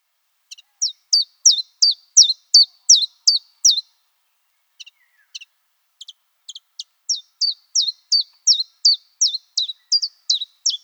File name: phylloscopus collybita